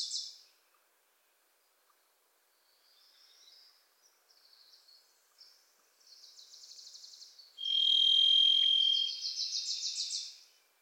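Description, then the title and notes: Varied thrush song: a single long buzzy whistled note near the end, among repeated chattering phrases from another small bird before and after it. Pacific Northwest forest; a Wilson's Warbler sings alongside, as if urging the thrush to come forward. "The Varied Thrush, Ixoreus naevius, is a wisp in the forests of the Pacific Northwest."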